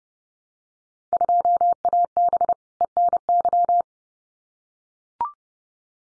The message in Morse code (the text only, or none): 2AB ENY